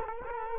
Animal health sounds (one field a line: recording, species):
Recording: mosquito wingbeat signal from an infrared sensor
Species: Culex quinquefasciatus